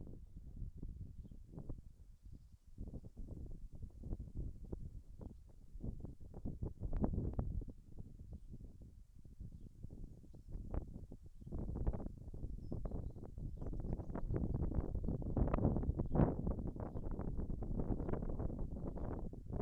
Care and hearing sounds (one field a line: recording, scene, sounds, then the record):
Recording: everyday scene through a hearing-aid microphone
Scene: wind on the microphone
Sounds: wind, birds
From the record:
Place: in front of a rural house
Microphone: behind the ear, left, front